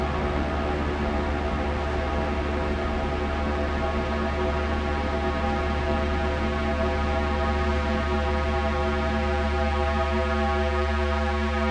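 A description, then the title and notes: A steady drone holds for the full twelve seconds without breaks or swells. A deep, heavy hum sits underneath, with a stack of sustained tones layered above it and a faint hiss on top. The level stays constant throughout. Drone.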